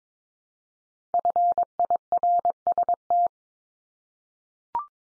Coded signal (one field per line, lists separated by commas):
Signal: Morse code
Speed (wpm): 22 wpm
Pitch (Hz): 700 Hz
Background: none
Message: FIRST